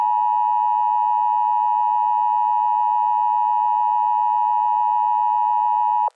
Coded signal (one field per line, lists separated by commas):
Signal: Emergency Alert System (SAME) tones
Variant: 853 and 960 Hz attention tone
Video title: EAS Scenario: Autumn's Ambush